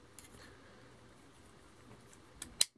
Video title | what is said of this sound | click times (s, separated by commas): Transformers Legends Class Powerglide Combiner Wars | swing this down and this kind of pops into place | 2.6 s